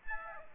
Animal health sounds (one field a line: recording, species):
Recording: mosquito wingbeat signal from an infrared sensor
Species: Aedes albopictus